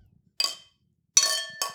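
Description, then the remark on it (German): Beer glasses clink together three times in quick succession, bright ringing chimes with a short shimmering decay, the second strike lasting longest; no voices accompany them. “Prost. Zum Wohl.”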